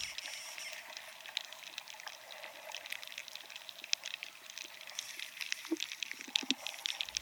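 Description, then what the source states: Bark beetle activity, a dense crackle of tiny clicks and ticks with scattered sharper pops throughout, steady and irregular. Momentary actions of bark beetles infesting pinyon trees in southwestern United States forests, recorded with a transducer microphone inside the trees; sounds also reflect global-warming damage to forests.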